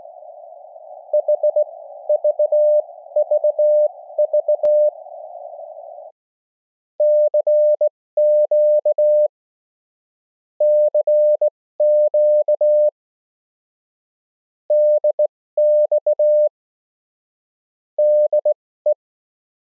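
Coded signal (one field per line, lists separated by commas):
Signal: Morse code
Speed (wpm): 19 wpm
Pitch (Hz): 600 Hz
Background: none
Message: HVVV CQ CQ DX DE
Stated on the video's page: Simulated CW QSO made by an iPhone app using a touch keyer.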